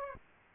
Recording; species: mosquito wingbeat signal from an infrared sensor; Aedes aegypti